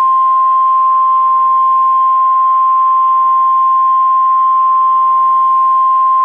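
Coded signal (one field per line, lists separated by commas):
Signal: Emergency Alert System (SAME) tones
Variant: 1050 Hz attention tone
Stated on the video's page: Fictional EAS scenario of a tornado striking a nuclear power plant.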